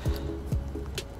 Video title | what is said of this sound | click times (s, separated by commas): 2017 Nissan Rogue Trailer Wiring Installation | one click ok | 1.0 s